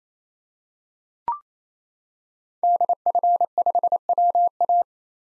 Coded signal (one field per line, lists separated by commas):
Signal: Morse code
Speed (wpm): 27 wpm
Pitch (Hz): 700 Hz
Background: none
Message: DF5WA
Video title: 2023 SOTA Chaser Call Signs - 28wpm